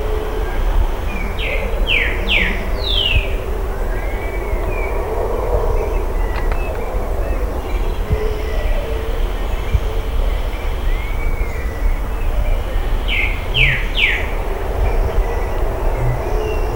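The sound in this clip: Bird calls: quick descending whistled notes in a group of three, heard twice, over a steady low rumbling background.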